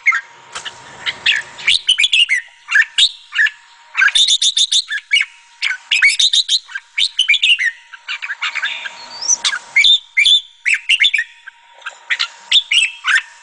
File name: suara kutilang jambul